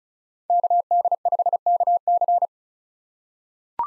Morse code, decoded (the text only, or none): KD5KC